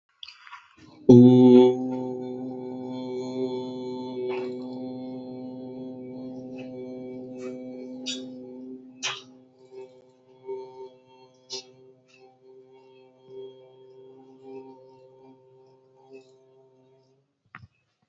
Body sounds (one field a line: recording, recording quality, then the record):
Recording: sustained vowel as in boot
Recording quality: excellent, no background noise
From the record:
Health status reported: healthy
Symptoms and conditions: none ticked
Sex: male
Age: 25 years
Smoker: not ticked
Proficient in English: yes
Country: India